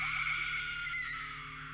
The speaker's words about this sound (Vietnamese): Đúng là gương mặt của linh hồn đã xuất hiện rất nhiều lần trước mặt tôi. Nó hét lên một tiếng.